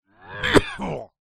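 Acted adult male cough and retch: a strained voiced groan, one sharp gagging burst, then a throaty heave.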